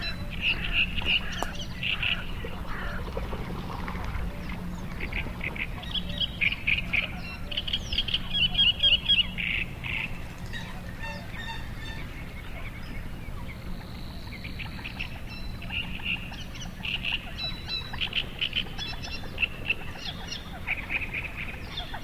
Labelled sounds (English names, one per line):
Little Grebe call